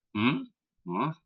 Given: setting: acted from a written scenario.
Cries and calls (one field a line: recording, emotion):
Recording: vocal sound without words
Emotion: confusion